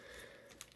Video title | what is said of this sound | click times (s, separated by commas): Transformers Studio Series Voyager Class Rise of the Beasts Optimus Prime review | the shoulders will move up and then click into place | 0.6 s